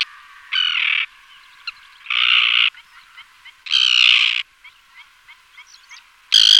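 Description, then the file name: Common tern uttering long, drawn-out harsh screeching calls at irregular intervals, with softer short chattering notes between them. "rybák-obecný"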